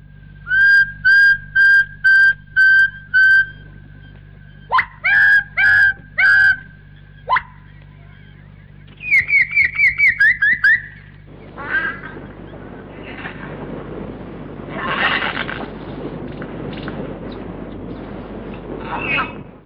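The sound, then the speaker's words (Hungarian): A male bird gives introductory calls in bursts of short, evenly spaced whistled notes, a steady pitched series followed by quick clustered chirps and a higher trilling run, then fading into softer rustling noise. “Ezek még csak a bevezető hangok. A teljes műsor, legalábbis remélem, ezután következik. Igen, a madár mozdulata elárulja, hogy azonnal kezdi.”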